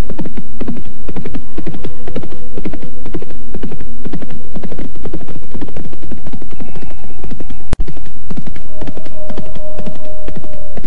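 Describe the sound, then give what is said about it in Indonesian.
Horses gallop steadily in a loud, continuous stream of rapid, overlapping hoofbeats over a low rumbling hum, with one sharp crack partway through and no one speaking. “Bayangan itu mengikuti lari kuda kita.”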